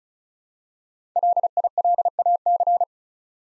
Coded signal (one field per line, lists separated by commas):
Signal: Morse code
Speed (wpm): 36 wpm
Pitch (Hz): 700 Hz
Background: none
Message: LILAC